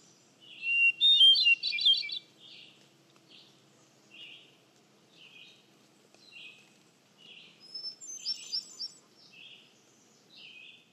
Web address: Hermit Thrush